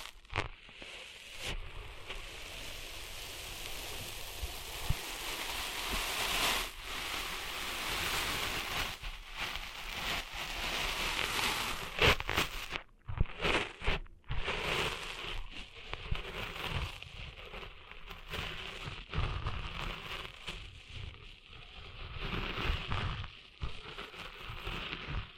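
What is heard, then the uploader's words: ASMR sounds of sand being cleaned out of ears: a dense, grainy crackle and hiss, like fine grit rubbing and shifting, with dull low thumps underneath. It runs steadily for the first half, then breaks into choppier bursts with brief silent pauses around thirteen and fourteen seconds. ASMR Cleaning Sand Out of Your Ears (No Talking).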